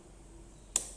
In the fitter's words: You hopefully heard that click.